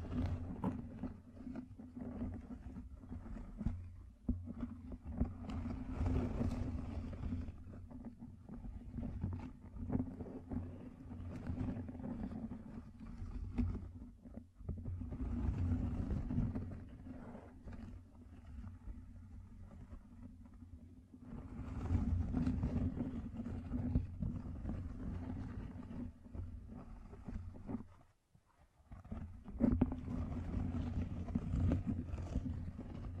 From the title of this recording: Gem Covered Fingertips Tapping and Scratching